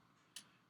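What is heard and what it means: On a 2019 16-inch MacBook Pro, a black spudger inserted into the antenna vent holes pries the plastic antenna cover up on one side, working against the antenna cover clip in the display hinge area. After quiet handling noise, a single sharp, bright click sounds at 0.4 s. The cover pops loose and is released on that side.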